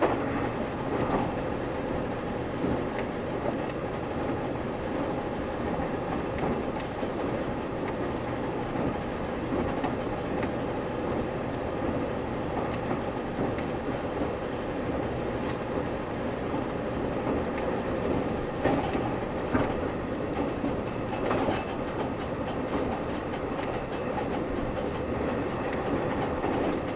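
A Taiwan Railways EMU1200 electric train with nose-suspended motors runs at speed, a dense, steady roar of motor growl and rolling noise filling the whole clip. Sharp clicks and knocks of wheels over rail joints cut through now and then, with a few brighter metallic squeals near the twenty-second mark.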